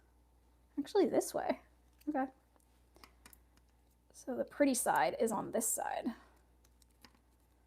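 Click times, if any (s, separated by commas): none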